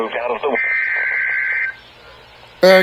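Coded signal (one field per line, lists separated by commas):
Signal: Emergency Alert System (SAME) tones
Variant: header bursts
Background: speech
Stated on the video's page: EAS alerts captured, some from Texas, during a slight-risk severe weather day.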